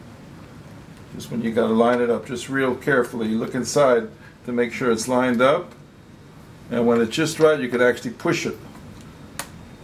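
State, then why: Not seated. Someone talks while lining up the mount of an Inon S2000 underwater strobe with the hole in a Fantasea housing's arm adapter and beginning to push it in, with a brief sharp sound near 9.4 seconds. The mount is being handled and is not yet pushed home, so nothing has seated or clicked yet.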